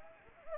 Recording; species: mosquito wingbeat signal from an infrared sensor; Anopheles arabiensis